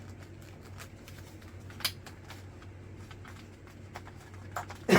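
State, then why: Not seated. A plastic wing spline is pushed into the wing mount of a Fimi Manta VTOL fixed-wing drone, but it is upside down, on the wrong side. Quiet plastic taps and handling noise sit over a low steady hum, with a sharp knock near 1.9 s and a louder burst of contact at the very end. Nothing has seated or clicked yet, and the spline does not lock.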